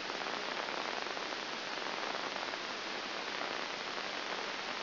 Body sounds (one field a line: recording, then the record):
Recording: brain microelectrode recording played as sound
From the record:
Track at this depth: outside the subthalamic nucleus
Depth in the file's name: 0.905 mm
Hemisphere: left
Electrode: 2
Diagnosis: Parkinson's disease